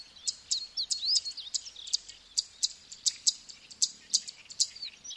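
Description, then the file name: Zitting cisticola giving sharp high 'zit' notes in a rapid, steady series, with thin whistled chirps mixed in. "sekka"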